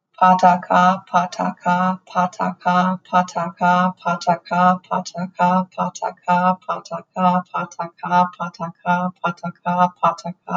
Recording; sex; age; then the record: repeated syllables /pa ta ka/; female; 30 to 39 years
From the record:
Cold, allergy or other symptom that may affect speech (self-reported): no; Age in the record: 39 years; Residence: Minnesota, United States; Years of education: 12